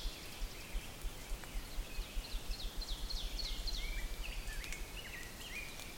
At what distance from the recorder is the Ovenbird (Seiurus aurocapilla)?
about 115 m